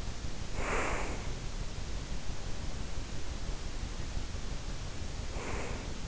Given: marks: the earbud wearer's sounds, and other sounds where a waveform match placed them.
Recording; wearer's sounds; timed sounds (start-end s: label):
sounds in sleep by an in-ear microphone; breath
0.36-1.47 s: breath
5.21-6.08 s: breath